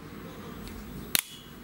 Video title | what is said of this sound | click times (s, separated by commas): Modifiye Anakart [Komik Durum | tık yapacak bir kere arkadaşlar dördüncüyü | 1.2 s